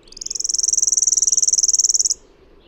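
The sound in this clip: Bird trill: a high, buzzy, evenly pulsed trill lasting about two seconds, rising in loudness at the start and stopping abruptly.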